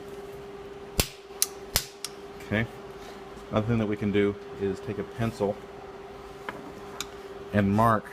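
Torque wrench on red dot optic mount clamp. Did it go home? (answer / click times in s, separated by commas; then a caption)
yes / 1.0 s, 1.4 s, 1.8 s, 2.1 s. A torque-limiting wrench tightens the clamp of a red dot optic mount, which was first loosened so it sits evenly, until the wrench clicks at its setting. Sharp clicks sound at 1.0, 1.4, 1.8 and 2.1 seconds, with two fainter sharp ticks near 6.5 and 7.0 seconds. Someone talks in between.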